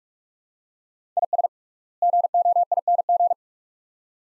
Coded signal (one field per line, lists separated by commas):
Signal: Morse code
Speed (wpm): 46 wpm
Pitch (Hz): 700 Hz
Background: none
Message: IS GOING